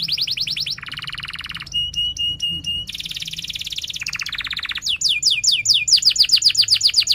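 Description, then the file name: Canary song: rapid rolling trills switching between pitches every second or so, buzzy low tours, clicking notes, then sweeping repeated chirps, loud and continuous. Singing canary in full song, described as chirping and rolling sharply. "Suara Kenari Gacor Cuit Cuit Ngerol Tajam"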